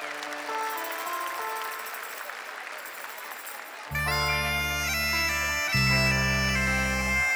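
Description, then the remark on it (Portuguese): An audience applauds steadily for about four seconds for a musician just introduced on stage, a dense wash of clapping with faint musical tones underneath, before loud, droning instrumental music cuts in and takes over. “uma grande salva de palmas para ele.”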